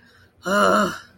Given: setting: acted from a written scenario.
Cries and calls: vocal sound without words; contempt

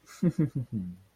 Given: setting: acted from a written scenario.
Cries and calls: vocal sound without words; sympathy

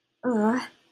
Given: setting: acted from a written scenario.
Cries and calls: vocal sound without words; disappointment

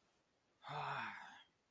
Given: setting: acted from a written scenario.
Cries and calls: vocal sound without words; anger

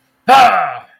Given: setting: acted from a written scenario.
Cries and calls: vocal sound without words; triumph

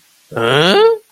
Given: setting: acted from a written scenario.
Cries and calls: vocal sound without words; confusion

